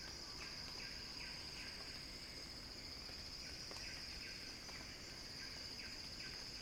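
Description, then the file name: Cicada song, a continuous high whine, with soft chirping calls repeating at intervals underneath. Cicada song building as a crescendo. "earth-fm Axel-Drioli Cicada-Crescendo-Sounding-Wild"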